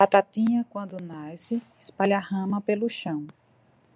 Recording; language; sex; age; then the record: short text; Brazilian Portuguese; female; 30 to 39 years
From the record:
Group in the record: control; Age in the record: 39 years